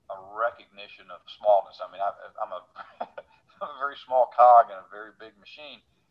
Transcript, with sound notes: a recognition of smallness. I mean I, (laughs) I’m a very small cog in a very big machine